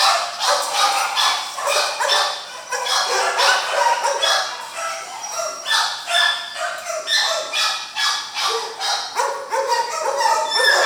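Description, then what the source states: Dogs barking continuously, a dense chorus of overlapping loud barks with hardly any gaps throughout. Dogs in a kennel.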